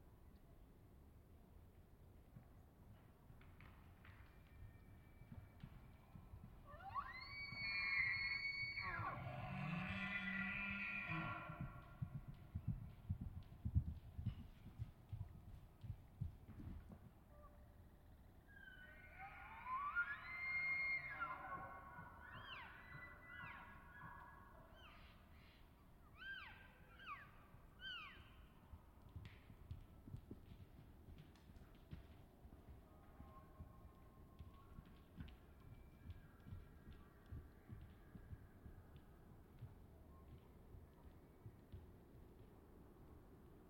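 An elk bull's challenge call rises into high whistling squeals near eight seconds and again around twenty, followed by grunting chuckles, over low rumble.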